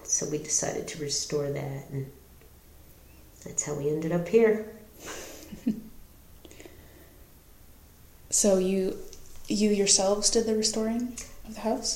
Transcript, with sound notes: So we decided to restore that, and that's how we ended up here.
[Laughter] So you yourselves did the restoring of the house?